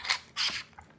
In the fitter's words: qu'il ya pas de cliquer à la fin donc quand on se lève on le place ici